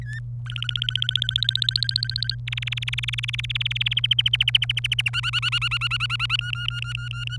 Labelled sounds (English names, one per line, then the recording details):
Domestic Canary song
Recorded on 27 April 2018 at 14:42
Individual llb3